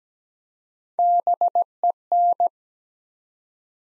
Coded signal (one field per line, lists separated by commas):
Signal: Morse code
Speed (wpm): 17 wpm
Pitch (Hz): 700 Hz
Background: none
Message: BEN